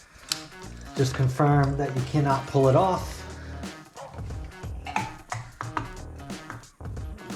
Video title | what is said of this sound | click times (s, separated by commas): 2021 YAMAHA YFZ450R NATIONAL BUILD 3.0 - part 3 | you hear it click | 0.3 s